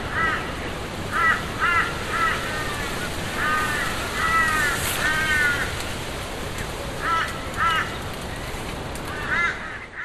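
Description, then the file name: Crows giving rasping caws in clustered runs with short pauses between, set against continuous blowing wind. Crows heard from inside a tent, with wind blowing against the tent. "zapsplat. tent inside ambience wind blow against birds crows"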